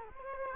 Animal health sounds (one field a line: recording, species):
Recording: mosquito wingbeat signal from an infrared sensor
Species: Culex quinquefasciatus